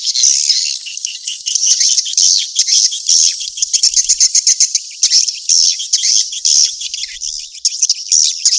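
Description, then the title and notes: Swiftlets chirping in loud, high, buzzy twitters that come in pulsing waves, dense and unbroken across the whole stretch. Sound used in swiftlet farming in Asia. "Swiflet Bird Sound. Farming Swiflet Bird asia sound"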